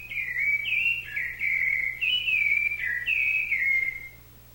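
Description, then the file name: Thrush whistling a continuous warbled phrase of sliding notes that fades out near the end; steady low hum in the background. "SABIA"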